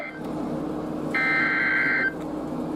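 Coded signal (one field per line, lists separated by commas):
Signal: Emergency Alert System (SAME) tones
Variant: header bursts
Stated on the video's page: Real alerts including many Severe Thunderstorm Warnings, some received on a model 259 receiver.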